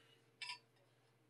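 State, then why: Seated. A plastic spool holder is pressed into its mount on the frame of a Fokoos Odin 5 3D printer and turned to lock. A short, bright click sounds at 0.4 s over a low, steady background hum. The holder pops in and locks in place.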